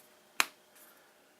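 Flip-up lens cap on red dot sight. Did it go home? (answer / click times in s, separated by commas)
yes / 0.4 s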